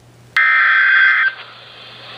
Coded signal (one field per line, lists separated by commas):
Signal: Emergency Alert System (SAME) tones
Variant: header bursts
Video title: EAS Alert #191